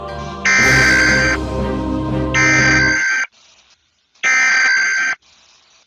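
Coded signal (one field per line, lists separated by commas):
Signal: Emergency Alert System (SAME) tones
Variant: header bursts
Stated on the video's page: Fictional Emergency Alert System scenario, a simulated alert.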